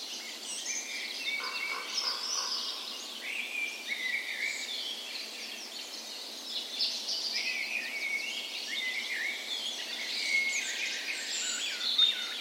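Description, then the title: Birds in a dawn chorus, many-sounding overlapping chirps, trills and short whistles forming a continuous layered wash of song. Dawn chorus in spring, morning of 17 May, Norway's National Day, in a park west in Bergen, Norway; recorded with Sony PCM A10 and LOM micro Usi microphones as tree ears. "17th Of May Dawn Chorus"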